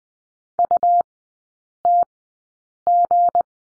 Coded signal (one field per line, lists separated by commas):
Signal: Morse code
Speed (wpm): 20 wpm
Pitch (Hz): 700 Hz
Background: none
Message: UTG